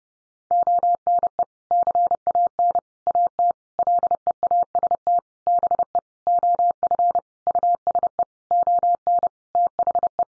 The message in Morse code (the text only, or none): ONE CAN AT LEAST BE OF USE ON THE